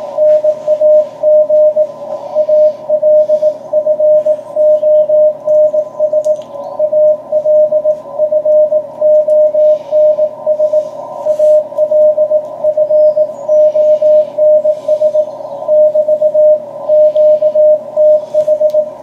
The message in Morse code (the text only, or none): NAG ALFONS ALFONS ALFONS <BT> QTH